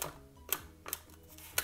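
The plastic hip ratchet joint of a Mattel Hammond Collection Therizinosaurus action figure's leg is swung forwards and backwards. It gives sharp clicks at 0.0, 0.5, 0.9 and 1.6 seconds as it moves through its detent positions. The leg locks into place.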